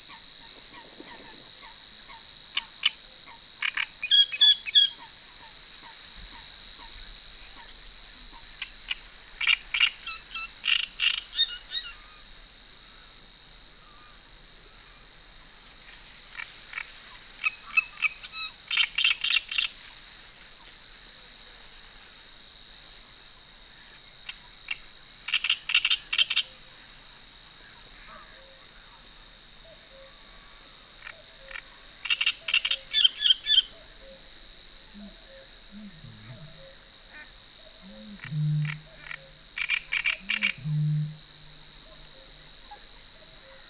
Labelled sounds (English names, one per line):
Great Reed Warbler song